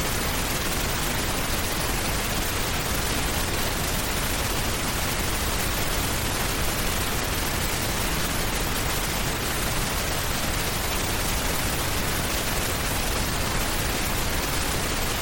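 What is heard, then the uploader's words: Pink noise plays for the full length, a steady, dense hiss with a full, rounded low end rather than a thin, sharp one. Nothing changes over time: no events, no swells, and the level holds perfectly even throughout. Pink noise.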